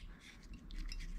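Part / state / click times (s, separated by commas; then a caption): plastic key fob shell half snapping onto the other half / seated / 0.7 s, 0.9 s. The two plastic halves of a Fiat 500/Panda car key fob shell are pressed together side by side while the spring is held in place. Two sharp clicks are heard at 0.7 s and 0.9 s as each side snaps together. The shell is seated.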